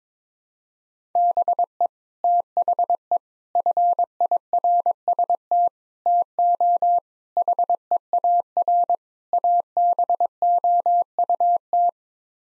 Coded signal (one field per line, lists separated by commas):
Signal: Morse code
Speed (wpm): 22 wpm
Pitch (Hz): 700 Hz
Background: none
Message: BE THE FIRST TO HEAR ABOUT